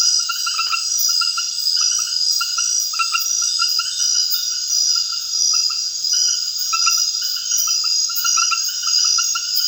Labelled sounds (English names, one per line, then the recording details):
none
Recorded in secondary vegetation near Puerto Asís, Putumayo, Colombia, on 30 June 2025 at 19:30
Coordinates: 0.498, -76.327
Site GP09